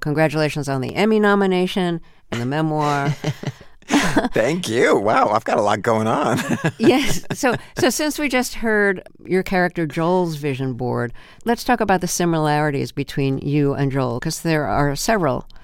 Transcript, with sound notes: Congratulations on the Emmy nomination and the memoir.
Thank you. Wow. I've got a lot going on (laughter).
Yes. So since we just heard your character Joel's Vision board, let's talk about the similarities between you and Joel 'cause there are several.